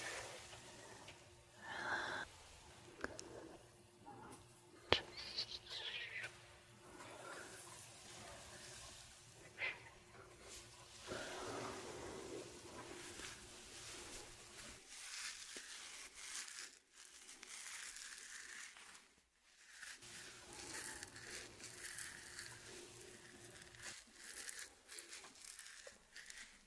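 A scalp and face massage: soft, uneven rubbing and crinkly scratching with brief taps near five seconds and low hum beneath.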